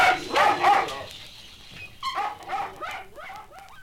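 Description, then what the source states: Dogs yelping, then high whimpering whines rising and falling several times in quick succession. Puppies in a pet shop.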